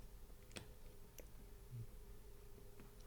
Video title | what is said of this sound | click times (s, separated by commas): Hubsan Zino Mini SE & Pro - How To Replace Leg / Arm | I think you could hear it click | 0.6 s